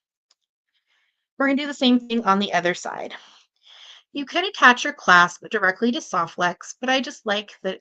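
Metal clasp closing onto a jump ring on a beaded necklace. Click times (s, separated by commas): 0.3 s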